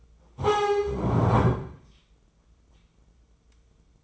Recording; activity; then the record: daily activity, microphone in the room; stand up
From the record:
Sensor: 1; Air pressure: 996.0 hPa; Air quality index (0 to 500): 237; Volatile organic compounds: 1000 ppm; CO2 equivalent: 6906 ppm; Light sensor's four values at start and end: 35/88/37/45 and 34/84/36/43